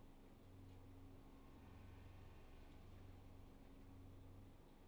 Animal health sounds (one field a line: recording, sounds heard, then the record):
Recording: poultry house recording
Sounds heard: no chicken sound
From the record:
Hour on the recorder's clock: 10